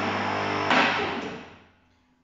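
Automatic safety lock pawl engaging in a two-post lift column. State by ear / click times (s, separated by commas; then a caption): seated / 0.7 s. An Automotech H Base AS-235SBE two-post car lift is raised with the green button, and its steady humming drone runs until a single sharp metal click at 0.7 s, when the automatic safety lock pawl on the post drops into place in the lift column. The sound then fades to near silence by about 1.7 s, and the safety lock has seated with just one click.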